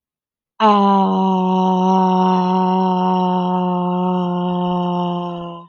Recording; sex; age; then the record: vowel held as long as possible; female; 30 to 39 years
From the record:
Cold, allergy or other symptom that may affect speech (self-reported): no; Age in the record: 31 years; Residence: Pennsylvania, United States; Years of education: 12